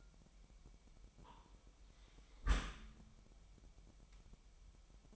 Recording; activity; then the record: daily activity, microphone in the room; close dishwasher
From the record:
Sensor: 1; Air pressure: 998.2 hPa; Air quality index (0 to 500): 139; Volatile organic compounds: 4 ppm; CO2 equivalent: 1669 ppm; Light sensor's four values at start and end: 16/54/21/22 and 16/54/21/22